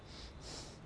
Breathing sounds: one breath in and out by a microphone near the nose and mouth; strong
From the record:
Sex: male

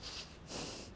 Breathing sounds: one breath in and out by a microphone near the nose and mouth; strong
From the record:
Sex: male

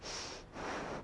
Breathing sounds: one breath in and out by a microphone near the nose and mouth; strong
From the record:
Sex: female

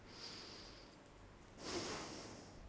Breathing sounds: one breath in and out by a microphone near the nose and mouth; deep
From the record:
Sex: male

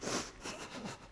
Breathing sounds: one breath in and out by a microphone near the nose and mouth; strong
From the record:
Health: marked as sick, illness not named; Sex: female

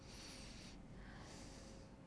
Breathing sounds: one breath in and out by a microphone near the nose and mouth; deep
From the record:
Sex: male

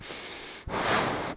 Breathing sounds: one breath in and out by a microphone near the nose and mouth; strong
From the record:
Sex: male

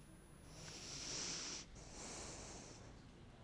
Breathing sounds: one breath in and out by a microphone near the nose and mouth; deep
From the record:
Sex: male

